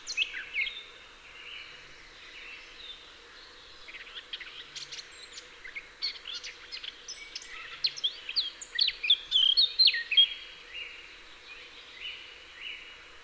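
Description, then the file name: Eurasian blackcap calling: scattered high notes at first, then a denser run of quick chirps and warbled notes building after the middle, over a constant faint hum. "Sylvia atricapilla"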